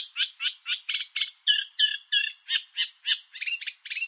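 Bird calls: a quick series of harsh, short, raspy chattering notes.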